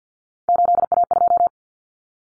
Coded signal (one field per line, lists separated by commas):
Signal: Morse code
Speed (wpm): 50 wpm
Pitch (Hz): 700 Hz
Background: none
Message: 8A2